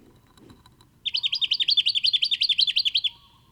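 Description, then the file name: Jacky winter giving a quick series of many bright chirps lasting about two seconds. "Microeca Fascinans"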